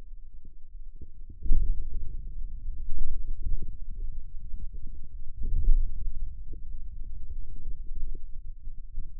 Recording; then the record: forearm muscle sounds (acoustic myography)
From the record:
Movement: ulnar deviation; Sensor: system 2, bracelet of six BSWA MPA416 microphones around the upper forearm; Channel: 6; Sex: male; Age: 22 years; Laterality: right